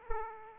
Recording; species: mosquito wingbeat signal from an infrared sensor; Aedes aegypti